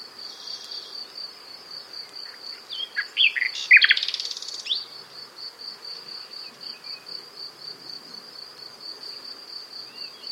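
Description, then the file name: Common nightingale song, a short jumbled burst of slurred notes and a brief rattle, otherwise a continuous high insect drone. "Luscinia megarhynchos"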